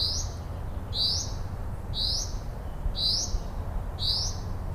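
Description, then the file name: Common chaffinch: five bright, upward-flicking call notes about a second apart, with a steady low rumble underneath. "Fringilla coelebs"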